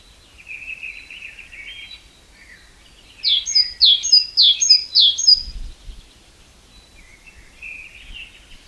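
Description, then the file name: Great tit song: a run of several sharp two-note phrases, each high then lower, with softer warbling before and after against a quiet background. "Parus major"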